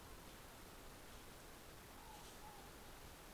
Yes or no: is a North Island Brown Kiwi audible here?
no